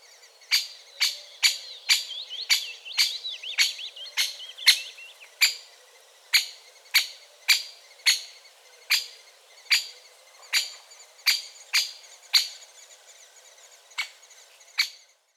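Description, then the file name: Great spotted woodpecker giving a steady series of sharp, hard kik calls with a few short pauses, while another bird twitters softly early on. "Great Spotted Woodpecker Dendrocopos major"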